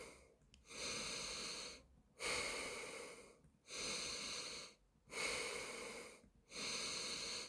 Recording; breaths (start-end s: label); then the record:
nose breathing near a microphone
0.00-0.32 s: exhalation
0.32-1.87 s: inhalation
1.87-3.32 s: exhalation
3.32-4.87 s: inhalation
4.87-6.12 s: exhalation
6.12-7.49 s: inhalation
From the record:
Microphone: phone